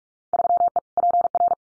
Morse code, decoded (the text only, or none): 3E PR